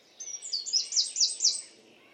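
Bird song, a quick string of high sweet chirps and slurred notes repeated about four times a second, over a low background hiss.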